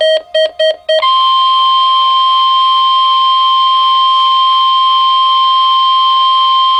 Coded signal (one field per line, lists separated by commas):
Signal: Emergency Alert System (SAME) tones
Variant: 1050 Hz attention tone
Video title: Required Weekly Test 7-11-12 (EAS#38)